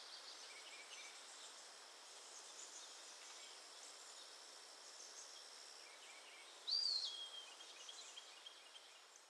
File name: EWPE SONG GA - Eastern Wood Pewee - Contopus virens